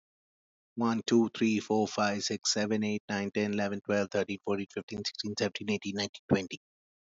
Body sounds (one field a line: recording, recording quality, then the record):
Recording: counting at a fast pace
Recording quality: excellent, no background noise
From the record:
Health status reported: healthy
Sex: male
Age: 45 years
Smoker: yes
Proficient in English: yes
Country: India